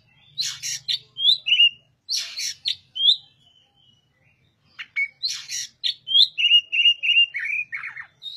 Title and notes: Suara Burung Kacer masteran. burung kacer gacor hebat